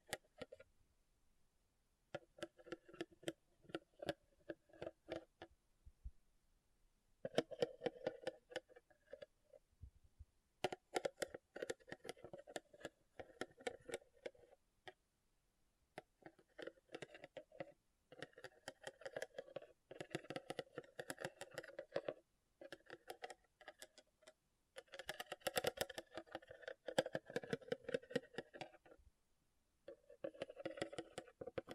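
Rhinestones being tapped and scratched in quick, clicky bursts, with dense runs of sharp ticks broken by short silent gaps near 1, 6, 9 and 15 seconds. The sound is bright and rattly, with a steady scraping texture under the clicks, busiest around 25 seconds.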